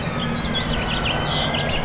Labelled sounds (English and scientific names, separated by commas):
House Finch (Haemorhous mexicanus) song